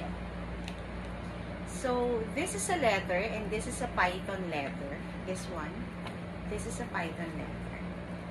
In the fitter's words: click dito sa gilid yan. Isang click lang siya dito.